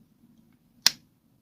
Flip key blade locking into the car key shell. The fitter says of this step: It locks in place.